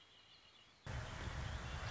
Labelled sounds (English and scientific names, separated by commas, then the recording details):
Red-winged Blackbird (Agelaius phoeniceus)
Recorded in Sonoma County, California